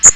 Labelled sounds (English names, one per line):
Magnolia Warbler flight call